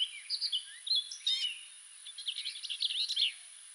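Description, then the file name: Orchard oriole song: lively, hurried whistled notes sliding up and down, ending in a dense chattering flurry. "Orchard Oriole - Icterus spurius"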